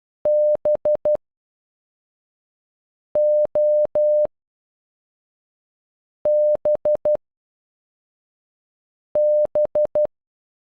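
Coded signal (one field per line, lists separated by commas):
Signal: Morse code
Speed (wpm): 12 wpm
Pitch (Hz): 600 Hz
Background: none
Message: B O B B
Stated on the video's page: Morse code for the name, played at normal and half speed, made with an online Morse translator.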